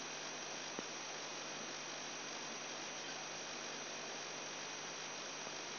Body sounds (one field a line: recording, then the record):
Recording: brain microelectrode recording played as sound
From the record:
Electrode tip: outside the subthalamic nucleus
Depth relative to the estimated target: -6 mm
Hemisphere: right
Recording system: AlphaMap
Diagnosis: Parkinson's disease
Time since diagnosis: 10 years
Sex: male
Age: 58 years